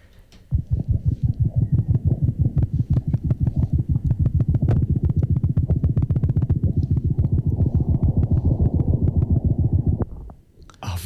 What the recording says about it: So we're hearing the heartbeat of a lapwing. This is an artificial egg which is in a nest recording the heartbeat or the state of physiology of this lapwing. And the idea is as you're getting closer, it's getting more freaked out, so the heartbeat's getting louder. It got much, much louder. It got faster.